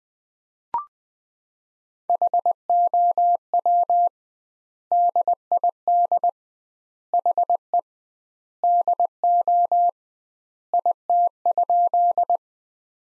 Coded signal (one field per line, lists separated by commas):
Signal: Morse code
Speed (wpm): 20 wpm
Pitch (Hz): 700 Hz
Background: none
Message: HOW DID HE DO IT?